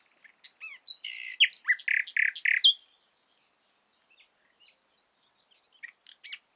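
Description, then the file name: Common nightingale song: a rich, varied phrase of loud chirps and descending notes, followed by a quiet gap and fainter scattered calls. "Luscinia megarhynchos"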